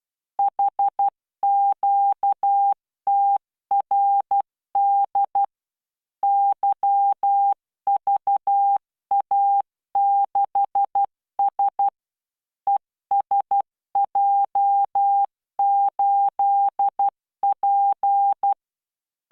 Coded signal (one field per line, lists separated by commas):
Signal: Morse code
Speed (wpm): 12 wpm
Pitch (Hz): 800 Hz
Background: none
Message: HQTRD YVA6S ESJ8P